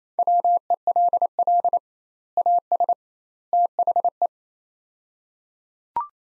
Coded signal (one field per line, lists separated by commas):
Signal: Morse code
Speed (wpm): 28 wpm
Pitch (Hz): 700 Hz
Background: none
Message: WELL AS THE